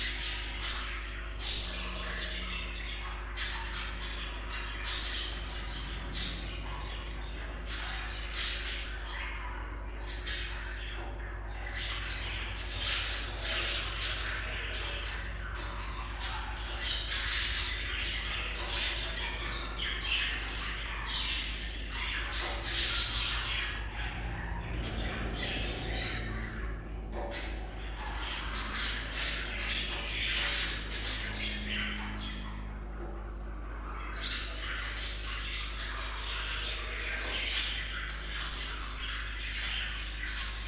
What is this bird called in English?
Budgerigar